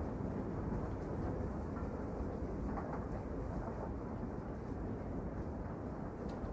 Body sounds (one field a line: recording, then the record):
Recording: background sound without coughing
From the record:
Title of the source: Train Ride Ambience ambient white noise for sleeping, focus, studying, reading